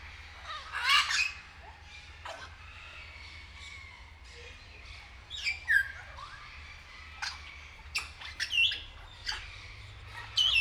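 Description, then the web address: Grey parrot calls: sporadic sharp squawks and brief whistles separated by quiet gaps, with a steady low hum underneath. Captive grey parrot at Nyíregyháza Zoo, 2019. "allathangok nyiregyhazizoo 2019 professzionalis jako papagaj hosszabban nyiregyhaza"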